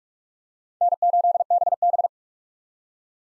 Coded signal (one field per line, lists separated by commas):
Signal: Morse code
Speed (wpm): 42 wpm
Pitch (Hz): 700 Hz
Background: none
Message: N8BB